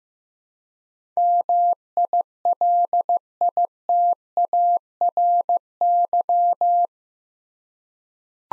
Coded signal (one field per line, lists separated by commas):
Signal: Morse code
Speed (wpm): 15 wpm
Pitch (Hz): 700 Hz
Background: none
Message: MILITARY